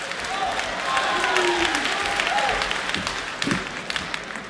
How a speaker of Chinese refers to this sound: 咱们掌声有请三位。